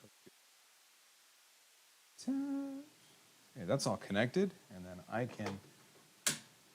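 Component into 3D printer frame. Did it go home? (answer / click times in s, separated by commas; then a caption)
yes / 6.3 s. During assembly of a Creality Ender 3 S1 3D printer, after everything is connected, a component is pushed onto the printer frame while someone hums and talks. A single sharp click at 6.3 s marks the part clicking into place, and it ends up well mounted.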